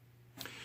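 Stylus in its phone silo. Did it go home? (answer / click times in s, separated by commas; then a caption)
released / 0.4 s, 0.5 s. The plastic S Pen stylus of a Samsung Galaxy Note 7 is pressed at its end in its silo at the bottom right corner of the phone, and the push-push latch releases it. Over a steady low hum, a small sharp click sounds at 0.4 s and a second at 0.5 s, followed by a soft continuous rustle as the stylus is pulled out. The stylus is released.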